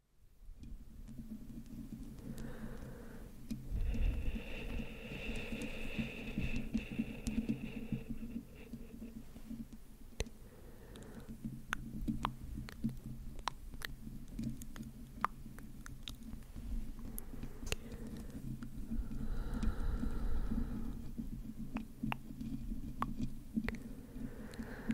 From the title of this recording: slow & sensitive Mic Scratching, Whispering, Tongue Clicking